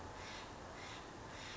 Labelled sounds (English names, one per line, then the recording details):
Steller's Jay
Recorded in Sonoma County, California